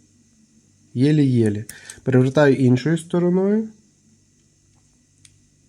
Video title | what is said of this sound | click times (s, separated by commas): ☢ ПРОДАМ КУПЛЮ дозиметр радіометр счетчик Гейгера детектор радіації СБМ20 СБТ10А Atom-scan Атом-скан | є клацання голосне тобто ці защелки Вони працюють тільки з однієї сторони а | 5.2 s